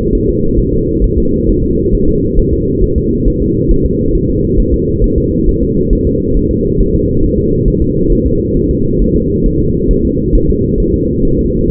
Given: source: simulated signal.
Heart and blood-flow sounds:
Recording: fetal heart sounds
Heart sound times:
0.15 s: S1
0.29 s: S2
0.59 s: S1
0.74 s: S2
1.04 s: S1
1.18 s: S2
1.49 s: S1
1.63 s: S2
1.94 s: S1
2.09 s: S2
2.39 s: S1
2.53 s: S2
2.84 s: S1
2.98 s: S2
3.28 s: S1
3.42 s: S2
3.71 s: S1
3.86 s: S2
4.15 s: S1
4.29 s: S2
4.59 s: S1
4.74 s: S2
5.04 s: S1
5.18 s: S2
5.49 s: S1
5.63 s: S2
5.93 s: S1
6.07 s: S2
6.37 s: S1
6.51 s: S2
6.80 s: S1
6.94 s: S2
7.24 s: S1
7.38 s: S2
7.68 s: S1
7.82 s: S2
8.12 s: S1
8.27 s: S2
8.57 s: S1
8.71 s: S2
9.02 s: S1
9.16 s: S2
9.46 s: S1
9.60 s: S2
9.91 s: S1
10.05 s: S2
10.35 s: S1
10.50 s: S2
10.80 s: S1
10.94 s: S2
11.25 s: S1
11.39 s: S2
11.70 s: S1
From the record:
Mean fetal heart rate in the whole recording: 135 bpm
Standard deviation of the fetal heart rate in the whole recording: 3 bpm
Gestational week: 36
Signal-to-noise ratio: -15.3 dB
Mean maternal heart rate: 72 bpm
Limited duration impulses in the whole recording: present

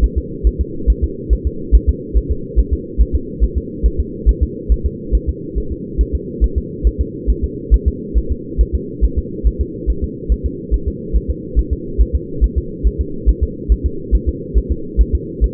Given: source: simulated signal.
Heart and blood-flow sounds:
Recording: fetal heart sounds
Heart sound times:
0.04 s: S1
0.18 s: S2
0.47 s: S1
0.61 s: S2
0.90 s: S1
1.04 s: S2
1.33 s: S1
1.47 s: S2
1.75 s: S1
1.89 s: S2
2.17 s: S1
2.31 s: S2
2.59 s: S1
2.73 s: S2
3.01 s: S1
3.15 s: S2
3.44 s: S1
3.58 s: S2
3.86 s: S1
4.00 s: S2
4.29 s: S1
4.43 s: S2
4.72 s: S1
4.86 s: S2
5.15 s: S1
5.29 s: S2
5.58 s: S1
5.72 s: S2
6.01 s: S1
6.15 s: S2
6.44 s: S1
6.58 s: S2
6.87 s: S1
7.01 s: S2
7.30 s: S1
7.44 s: S2
7.74 s: S1
7.88 s: S2
8.18 s: S1
8.32 s: S2
8.61 s: S1
8.75 s: S2
9.04 s: S1
9.18 s: S2
9.47 s: S1
9.61 s: S2
9.90 s: S1
10.04 s: S2
10.32 s: S1
10.46 s: S2
10.74 s: S1
10.88 s: S2
11.16 s: S1
11.30 s: S2
11.59 s: S1
11.73 s: S2
12.01 s: S1
12.15 s: S2
12.44 s: S1
12.58 s: S2
12.87 s: S1
13.01 s: S2
13.29 s: S1
13.43 s: S2
13.72 s: S1
13.86 s: S2
14.15 s: S1
14.29 s: S2
14.57 s: S1
14.72 s: S2
15.01 s: S1
15.15 s: S2
15.44 s: S1
From the record:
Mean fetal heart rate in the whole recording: 140 bpm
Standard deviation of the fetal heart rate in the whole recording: 2 bpm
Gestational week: 34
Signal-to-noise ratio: -4.3 dB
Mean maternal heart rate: 72 bpm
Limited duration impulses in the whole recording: present

